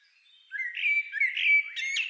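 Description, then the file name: Common blackbird song: a single phrase of low mellow fluted notes that ends in a thin, high twittering flourish. "Turdus merula"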